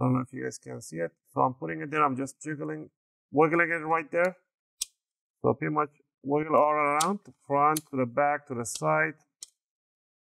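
An opening tool is wedged between the plastic bottom cover and the palm rest of a Lenovo ThinkPad E14 laptop and wiggled outward to unclip the cover, while someone talks. One sharp click is heard at 4.8 s as a bottom cover clip pops free of the palm rest frame, releasing it.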